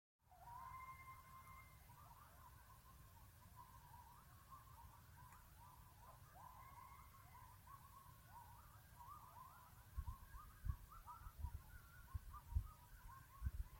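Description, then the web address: Animal calls: dense chirping and warbling notes with two high steady whistles, over a steady low rumble and some knocking near the end. Recorded in the Yellowstone area at coordinates 44.31, -110.73. "taxon animals 44 31 552070-110 726463"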